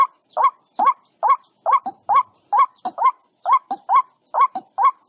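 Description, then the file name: White-breasted waterhen call, a run of rising, nasal notes given about twice a second, often followed by a short lower note. Calling to its flock. "Tieng quoc goi bay"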